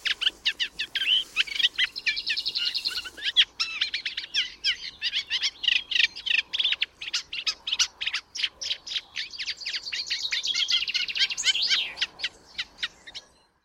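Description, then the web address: Eurasian reed warbler singing a steady, jerky chatter of scratchy and clicking notes, some phrases repeated in short runs, with brief buzzy trills mixed in before ending. "chant didier collin rousserolle effarvatte"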